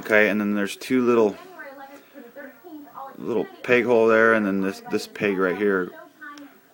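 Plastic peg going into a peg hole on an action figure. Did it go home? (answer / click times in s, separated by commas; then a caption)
yes / 6.4 s. Someone talks while pushing a small plastic peg on a TF Prime FE Deluxe Starscream transforming action figure into its peg hole during transformation. A short, quiet click is heard at 6.4 s as the peg clicks right in and seats.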